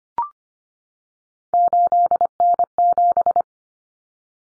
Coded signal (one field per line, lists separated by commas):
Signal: Morse code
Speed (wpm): 25 wpm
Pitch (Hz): 700 Hz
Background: none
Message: 8N7